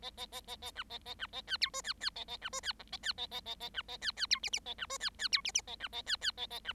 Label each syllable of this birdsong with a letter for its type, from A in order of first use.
A A A A A B A A B A C D E C C A A B E C F A C A A A A B A C C D G G A B E C C D G G A B A C C A A B